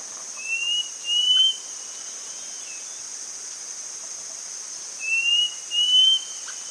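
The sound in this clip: Bird giving two pairs of short, clear whistled notes, one pair early and one near the end, over a constant high insect-like drone.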